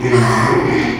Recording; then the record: squeal of a Yucatan mini pig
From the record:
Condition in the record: after surgery on the right vocal fold (resection and tissue-engineered implant); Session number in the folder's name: 2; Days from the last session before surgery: 13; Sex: male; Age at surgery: 12 weeks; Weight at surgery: 13 kg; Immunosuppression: cyclosporine, prednisolone